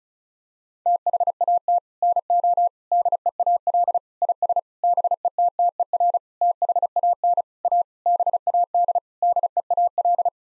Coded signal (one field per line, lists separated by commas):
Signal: Morse code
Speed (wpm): 36 wpm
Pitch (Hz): 700 Hz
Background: none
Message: THAT NO DEAL IS BETTER THAN A BAD DEAL